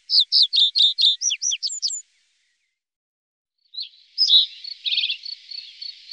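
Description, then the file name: Common reed bunting song: a run of clipped, repeated notes, followed after a pause by buzzy twittering. "Savsparv"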